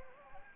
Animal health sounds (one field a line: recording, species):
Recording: mosquito wingbeat signal from an infrared sensor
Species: Anopheles gambiae